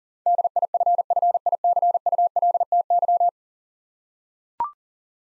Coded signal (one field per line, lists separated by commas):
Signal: Morse code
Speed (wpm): 40 wpm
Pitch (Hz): 700 Hz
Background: none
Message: DIFFICULTY